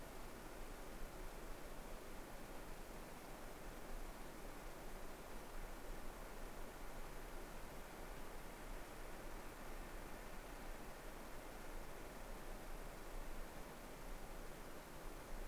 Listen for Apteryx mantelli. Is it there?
no